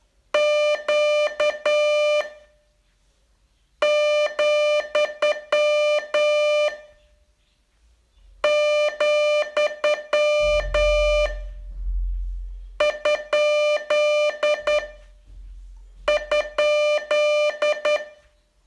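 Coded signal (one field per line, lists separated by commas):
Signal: Morse code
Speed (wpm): 10 wpm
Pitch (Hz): 600 Hz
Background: none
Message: Q , , ? ?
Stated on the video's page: Morse code training lesson, day 38 of a 42-day course.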